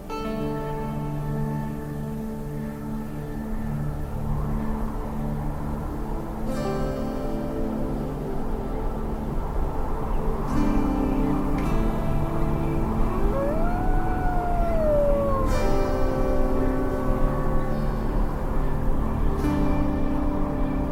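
Music and nature sounds: a steady, layered drone of sustained tones sits over a low rumble and grows slightly louder after about seven seconds. Sharp clicks cut in every few seconds, and from about 13 to 16 seconds a wailing tone slides up and down.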